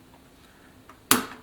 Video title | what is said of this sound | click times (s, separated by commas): The Brilliant Bernina Nova 900 Electronic Sewing Machine - Basics | Click it in, nice positive click. | 1.1 s